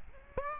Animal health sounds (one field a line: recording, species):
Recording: mosquito wingbeat signal from an infrared sensor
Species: Aedes aegypti